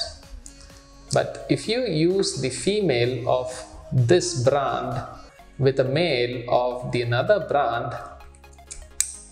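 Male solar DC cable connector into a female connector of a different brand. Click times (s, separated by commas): 9.0 s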